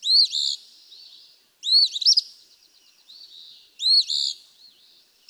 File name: Eastern Phoebe